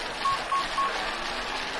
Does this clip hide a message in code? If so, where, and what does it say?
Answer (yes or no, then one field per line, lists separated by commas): no